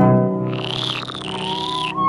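A toad croaks in a rapid, pulsing warble for nearly two seconds, its raspy trill riding over a steady low hum with no talking.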